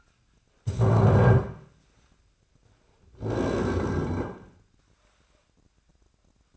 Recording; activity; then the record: daily activity, microphone in the room; stand up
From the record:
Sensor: 2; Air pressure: 1009.1 hPa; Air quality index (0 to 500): 170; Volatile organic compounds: 2 ppm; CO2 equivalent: 1243 ppm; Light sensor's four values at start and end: 32/84/36/38 and 35/92/39/41